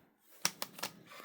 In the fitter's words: That's really good. They snap into place.